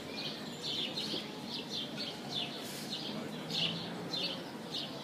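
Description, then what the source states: Bird chorus: busy, high-pitched chirping from several birds at once, pulsing without pause. Birds singing in an aviary.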